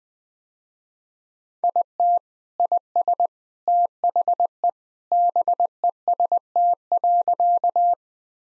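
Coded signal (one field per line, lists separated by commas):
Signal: Morse code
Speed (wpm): 20 wpm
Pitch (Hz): 700 Hz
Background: none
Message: IT IS THE BEST.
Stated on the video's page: Morse sentence-copying drill at 20 wpm using common three-word phrases; each sentence sent, spoken, then sent again.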